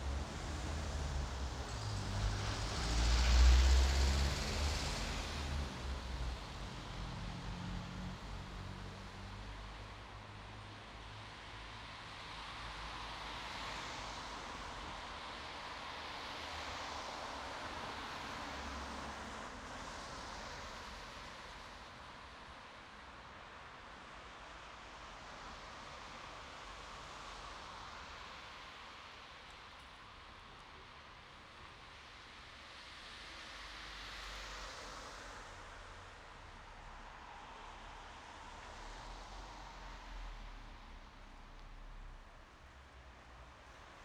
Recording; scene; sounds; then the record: everyday scene through a hearing-aid microphone; in traffic; traffic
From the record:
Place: bus stop on a city main road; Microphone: in the ear canal, right